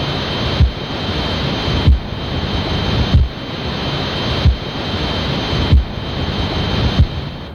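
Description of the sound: Steady high-pitched ringing tones over hiss, with a low whoosh pulsing about 47 times a minute: a synthesized simulation of the tinnitus-like sound that sufferers hear continually in their head.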